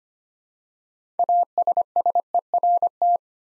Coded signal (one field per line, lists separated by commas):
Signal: Morse code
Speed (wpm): 25 wpm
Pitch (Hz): 700 Hz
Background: none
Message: ASSERT